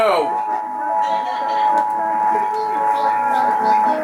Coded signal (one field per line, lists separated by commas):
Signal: Emergency Alert System (SAME) tones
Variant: 853 and 960 Hz attention tone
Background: speech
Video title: BURPS AND TESTS... EAS Tests from April, 2021 (EAS #5,638 - 5,672)